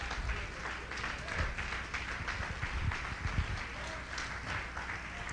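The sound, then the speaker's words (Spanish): An audience applauds steadily for Christ, a dense wash of many hands clapping at an even, sustained level with no voices standing out. “darle un aplauso a Cristo, que él se lo merece.”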